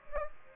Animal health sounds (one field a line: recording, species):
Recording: mosquito wingbeat signal from an infrared sensor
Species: Aedes aegypti